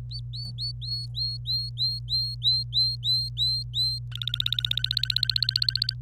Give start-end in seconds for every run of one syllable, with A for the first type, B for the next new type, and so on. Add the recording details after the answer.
0.11-3.99 A, 4.12-5.94 B. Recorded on 26 April 2018 at 06:23. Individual llb3